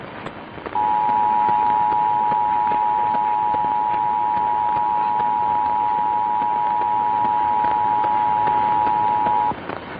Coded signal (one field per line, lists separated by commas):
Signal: Emergency Alert System (SAME) tones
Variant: 853 and 960 Hz attention tone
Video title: THREE RMTS, ONE NIGHT - LA, TN and NYC Monthly Tests (02/09/2022) - EAS #18-20